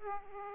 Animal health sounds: mosquito wingbeat signal from an infrared sensor; Aedes aegypti

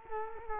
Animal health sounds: mosquito wingbeat signal from an infrared sensor; Culex quinquefasciatus

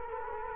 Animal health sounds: mosquito wingbeat signal from an infrared sensor; Culex quinquefasciatus

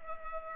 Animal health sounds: mosquito wingbeat signal from an infrared sensor; Culex pipiens

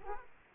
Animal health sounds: mosquito wingbeat signal from an infrared sensor; Aedes aegypti

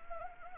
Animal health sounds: mosquito wingbeat signal from an infrared sensor; Anopheles arabiensis

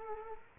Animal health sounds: mosquito wingbeat signal from an infrared sensor; Culex quinquefasciatus

